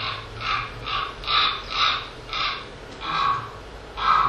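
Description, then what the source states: Common raven calling: a series of hoarse, harsh calls. Very much a garden bird, around the orchard.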